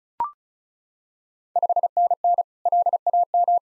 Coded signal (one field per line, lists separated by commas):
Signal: Morse code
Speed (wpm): 36 wpm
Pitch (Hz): 700 Hz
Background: none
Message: 5NN LAM